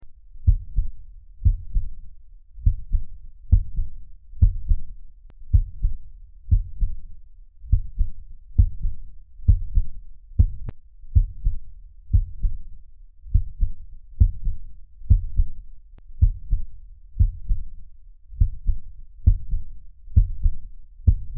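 Deep, muffled thumps repeat steadily at about 60 a minute, each a close lub-dub pair, with nothing high-pitched around them. The result is a plain, slow, regular heartbeat.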